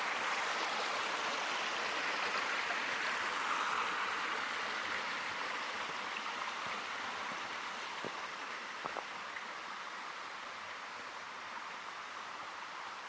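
A forest preserve ambience dominated by a steady, dense rushing hiss, like flowing water or a constant wash of traffic, strongest in the middle and upper range. Two brief clicks or knocks stand out near eight and nine seconds, and the wash eases slightly toward the end.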